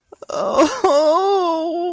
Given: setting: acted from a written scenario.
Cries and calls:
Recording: vocal sound without words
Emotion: pain

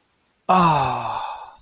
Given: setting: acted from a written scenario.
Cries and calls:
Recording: vocal sound without words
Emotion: awe

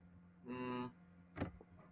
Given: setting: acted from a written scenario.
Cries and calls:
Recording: vocal sound without words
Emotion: neutral

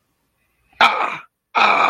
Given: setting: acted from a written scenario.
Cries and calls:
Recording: vocal sound without words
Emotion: negative surprise

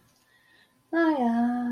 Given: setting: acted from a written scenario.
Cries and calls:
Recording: vocal sound without words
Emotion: serenity

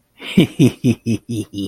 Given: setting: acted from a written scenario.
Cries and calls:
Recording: vocal sound without words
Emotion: contentment

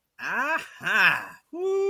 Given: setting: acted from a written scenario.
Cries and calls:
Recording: vocal sound without words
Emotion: pride

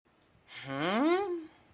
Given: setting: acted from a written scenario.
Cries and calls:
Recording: vocal sound without words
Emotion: confusion

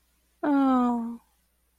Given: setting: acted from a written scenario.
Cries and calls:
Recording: vocal sound without words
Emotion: romantic love

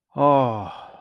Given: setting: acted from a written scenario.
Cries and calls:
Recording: vocal sound without words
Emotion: awe

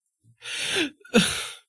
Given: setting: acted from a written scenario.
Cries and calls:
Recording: vocal sound without words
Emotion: guilt

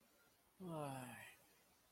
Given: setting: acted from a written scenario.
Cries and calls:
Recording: vocal sound without words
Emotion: sadness

